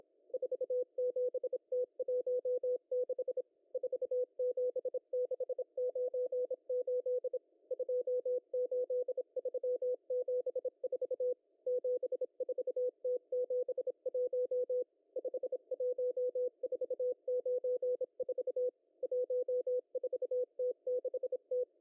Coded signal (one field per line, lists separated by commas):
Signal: Morse code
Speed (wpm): 27 wpm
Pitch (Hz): 500 Hz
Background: none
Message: 47T16 47698 28374 74T71 51494 14T6T